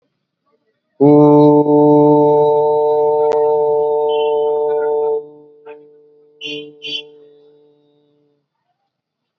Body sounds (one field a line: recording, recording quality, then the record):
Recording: sustained vowel as in boot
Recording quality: excellent, no background noise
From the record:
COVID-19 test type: RT-PCR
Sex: male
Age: 29 years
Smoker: no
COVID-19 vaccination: both doses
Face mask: worn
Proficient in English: yes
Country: India